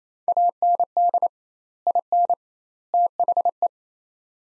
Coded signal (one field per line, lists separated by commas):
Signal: Morse code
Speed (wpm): 28 wpm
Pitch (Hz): 700 Hz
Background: none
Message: AND IN THE